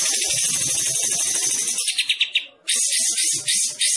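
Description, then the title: Olive-winged Bulbul song: continuous high, scratchy chatter, then quick pulsed notes, a brief pause, and the harsh trilling resumes. Singing actively, described as gacor. "Kapas Tembak Gacor"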